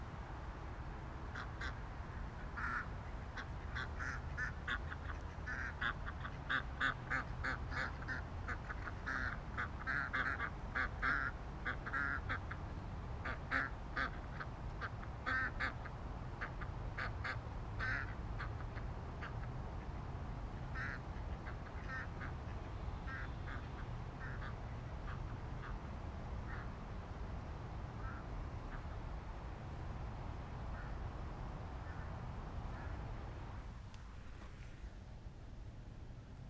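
Ducks quack in a busy, overlapping chorus, with dense bursts of calls clustered in the first fifteen seconds and thinning out afterward. A steady low rumble runs underneath throughout, and near the end a brief sharp noise cuts in before the sound drops away.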